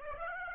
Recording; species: mosquito wingbeat signal from an infrared sensor; Aedes aegypti